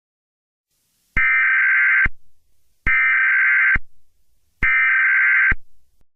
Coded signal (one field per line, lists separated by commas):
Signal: Emergency Alert System (SAME) tones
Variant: header bursts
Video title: Eas scenario 3 solar eclipse